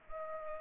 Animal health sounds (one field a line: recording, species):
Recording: mosquito wingbeat signal from an infrared sensor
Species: Culex pipiens